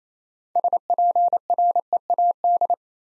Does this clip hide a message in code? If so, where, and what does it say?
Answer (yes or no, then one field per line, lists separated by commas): yes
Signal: Morse code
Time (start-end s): 0.6-2.7 s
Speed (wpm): 29 wpm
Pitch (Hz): 700 Hz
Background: none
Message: SPREAD